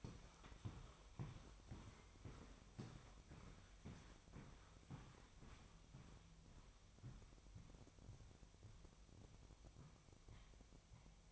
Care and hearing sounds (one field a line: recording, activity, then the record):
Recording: daily activity, microphone in the room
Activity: walk to room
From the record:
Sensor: 1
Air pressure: 999.5 hPa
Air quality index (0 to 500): 200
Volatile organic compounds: 41 ppm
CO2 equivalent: 3170 ppm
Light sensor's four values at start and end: 10/24/9/10 and 10/25/10/10